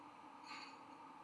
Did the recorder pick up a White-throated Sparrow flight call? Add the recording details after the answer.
no. No flight call is heard. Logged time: 00:40 on 17 November 2014